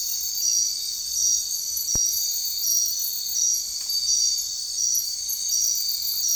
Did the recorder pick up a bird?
no